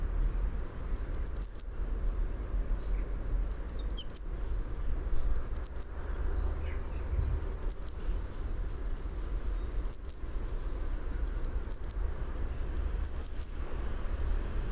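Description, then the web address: Eurasian blue tit song, a high, fine descending phrase ending in a quick trill, repeated several times at uneven intervals. "fugl b-mejse"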